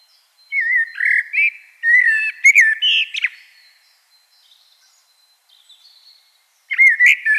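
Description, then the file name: Common blackbird delivers a long, flowing phrase of fluty whistles and squeaky trills, then pauses before starting another. "Turdus merula"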